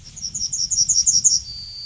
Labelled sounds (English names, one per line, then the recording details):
Yellowhammer song
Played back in forest
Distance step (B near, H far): B
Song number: 027